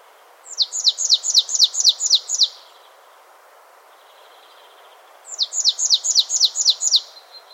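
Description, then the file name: Marsh tit with two quick strings of clear, sharply descending notes, with a faint buzz in the pause between them. "Poecile palustris"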